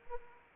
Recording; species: mosquito wingbeat signal from an infrared sensor; Anopheles arabiensis